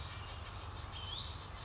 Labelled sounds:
Western Flycatcher
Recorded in Sonoma County, California

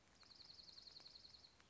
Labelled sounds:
Dark-eyed Junco
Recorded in Sonoma County, California

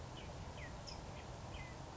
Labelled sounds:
California Towhee
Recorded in Sonoma County, California

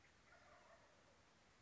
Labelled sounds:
Wild Turkey
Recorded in Sonoma County, California

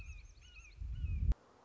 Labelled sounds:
Red-shouldered Hawk
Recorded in Sonoma County, California

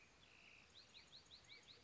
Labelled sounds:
Bewick's Wren
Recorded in Sonoma County, California

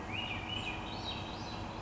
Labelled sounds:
Swainson's Thrush
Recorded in Sonoma County, California

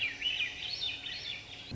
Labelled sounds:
Swainson's Thrush
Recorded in Sonoma County, California

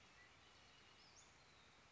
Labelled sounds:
Western Flycatcher
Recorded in Sonoma County, California

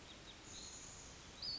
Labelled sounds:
Western Flycatcher
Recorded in Sonoma County, California

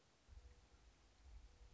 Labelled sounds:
Mourning Dove
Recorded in Sonoma County, California

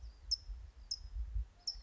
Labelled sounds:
California Towhee
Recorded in Sonoma County, California

